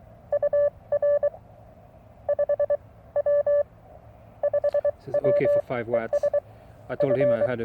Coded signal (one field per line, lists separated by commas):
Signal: Morse code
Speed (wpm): 23 wpm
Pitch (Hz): 580 Hz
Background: speech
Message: UR 5W 5W ES F